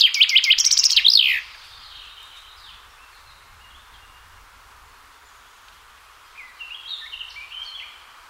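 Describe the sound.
Chaffinch song: a fast descending rattle of chirps ending in a flourish, then quiet until a fainter, broken phrase near the end.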